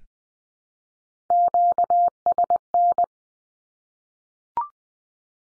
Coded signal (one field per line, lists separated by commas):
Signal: Morse code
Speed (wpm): 20 wpm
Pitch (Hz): 700 Hz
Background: none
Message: QSN